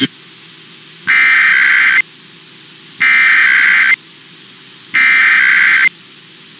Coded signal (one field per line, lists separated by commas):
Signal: Emergency Alert System (SAME) tones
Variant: header bursts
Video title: Another Round Of Tests Tuesday (EAS #26029-26057) 4/15/25